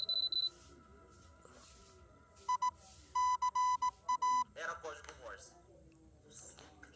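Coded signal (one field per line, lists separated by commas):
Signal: Morse code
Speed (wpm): 18 wpm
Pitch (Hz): 1000 Hz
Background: speech, music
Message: I CA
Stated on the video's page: Morse from a puzzle game.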